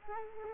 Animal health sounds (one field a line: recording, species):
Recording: mosquito wingbeat signal from an infrared sensor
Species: Culex quinquefasciatus